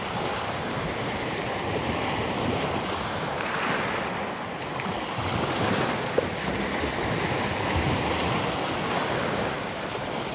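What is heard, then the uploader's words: Waves roll in a steady, dense wash of surf that stays at a nearly even level throughout, with slow swells in brightness around the fourth and eighth seconds. A low, rumbling wind noise runs underneath, and a single brief click lands near six seconds. Mám za sebou měsíc #vanlife a během toho měsíce jsem zaznamenávala zvuky z těch nejkouzelnějších míst. WAVES.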